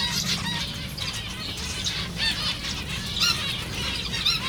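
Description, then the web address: Zebra finch calls, many tiny trumpet-like beeps and chirps overlapping in constant chatter, with a low background hum. Recorded at a zoo in Jászberény in 2015. "jaszberenyizoo 2015 professzionalis zebrapinty"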